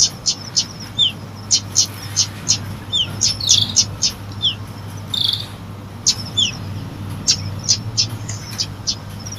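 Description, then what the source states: Lovebird calling with piercing high chirps and short descending squeaks, irregularly spaced throughout, over a constant low hum. Used as a lure to attract lovebirds.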